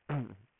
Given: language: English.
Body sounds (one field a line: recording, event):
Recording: throat vibration sensor signal played as sound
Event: throat clearing